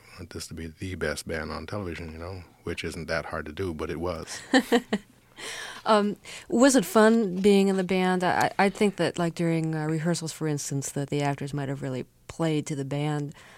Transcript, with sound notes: We want this to be the best band on television, you know, which isn't that hard to do. But it was.
(Laughter) Was it fun being in the band? I think that, like, during rehearsals, for instance, that the actors might have really played to the band.